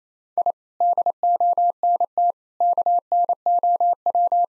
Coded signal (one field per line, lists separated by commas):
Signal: Morse code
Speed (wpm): 28 wpm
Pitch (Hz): 700 Hz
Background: none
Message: I DONT KNOW